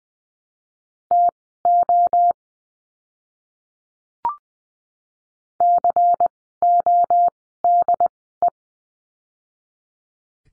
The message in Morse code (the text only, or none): TO CODE